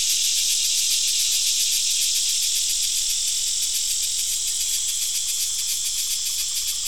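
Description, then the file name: Crickets in a chorus of rapid, high, pulsed chirps repeating steadily. Several crickets chirping together. "Digiffects Sound Effects Library - Crickets and a Cicada"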